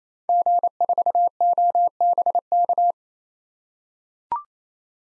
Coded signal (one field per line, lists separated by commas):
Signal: Morse code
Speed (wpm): 28 wpm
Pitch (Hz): 700 Hz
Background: none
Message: G4OBK